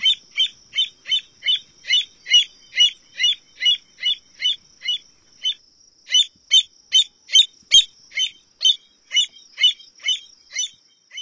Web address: Songs of Birds of North America Stokes. American Avocet